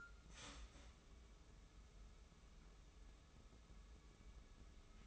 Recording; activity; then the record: daily activity, microphone in the room; start toaster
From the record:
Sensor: 1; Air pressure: 994.5 hPa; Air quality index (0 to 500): 224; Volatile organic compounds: 1000 ppm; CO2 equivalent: 8062 ppm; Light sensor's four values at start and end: 91/203/90/92 and 92/205/90/93